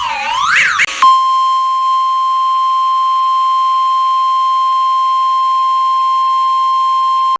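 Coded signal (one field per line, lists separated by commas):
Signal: Emergency Alert System (SAME) tones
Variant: 1050 Hz attention tone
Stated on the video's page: Animated EAS alarms, not real broadcasts.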